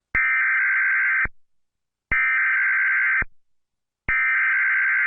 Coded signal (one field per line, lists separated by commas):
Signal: Emergency Alert System (SAME) tones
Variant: header bursts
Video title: Abilene Texas/Hawley Texas Tornado Warning EAS Alert